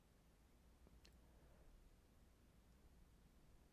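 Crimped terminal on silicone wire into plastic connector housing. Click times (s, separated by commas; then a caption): 1.1 s. A crimped JST-SM terminal on silicone wire is pushed into its plastic connector housing and seats with a small, sharp click at 1.0 s, over a quiet noisy background. The terminal is seated: it has a little wiggle but does not pull out.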